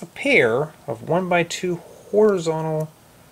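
Someone talks while a pair of 1x2 plastic horizontal holder toy bricks is handled for pressing onto the underside of a flipped 2x2 tile, building a minifigure lounge chair. Nothing has seated or clicked into place yet.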